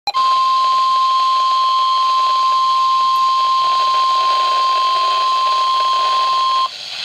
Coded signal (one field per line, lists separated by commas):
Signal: Emergency Alert System (SAME) tones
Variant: 1050 Hz attention tone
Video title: Severe Thunderstorm/Tornado Warning [EAS 578-581 || 2x Header] | NOAA Weather Radio (9/8/2012)